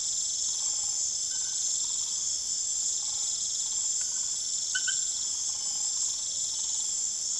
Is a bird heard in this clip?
no